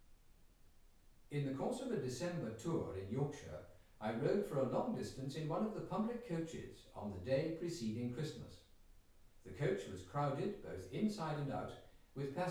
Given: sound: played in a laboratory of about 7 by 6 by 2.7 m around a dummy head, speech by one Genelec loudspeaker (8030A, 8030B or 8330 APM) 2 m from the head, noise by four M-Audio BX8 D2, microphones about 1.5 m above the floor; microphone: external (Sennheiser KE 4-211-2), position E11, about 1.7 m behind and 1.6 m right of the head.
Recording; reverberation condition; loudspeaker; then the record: male speech in English; medium; 30 degrees to the right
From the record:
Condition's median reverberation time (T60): about 510 ms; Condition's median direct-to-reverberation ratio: about -0.5 dB